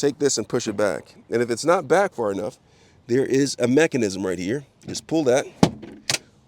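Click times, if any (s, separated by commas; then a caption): 6.1 s. Someone talks while pulling the release on a Kia Telluride second-row seat, pushing the seat back and letting it go. The seat track latch in the floor rail engages with a sharp double click at 6.1 s and 6.1 s, locking the seat into place.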